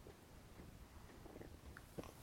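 Quiet, low gurgling and rumbling with a few brief bubbly bursts over about two seconds, against faint room noise, from an adult's abdomen. These are ordinary stomach rumbles (borborygmi), the sound of gas and fluid moving through the gut.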